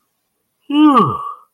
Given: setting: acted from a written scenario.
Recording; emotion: vocal sound without words; elation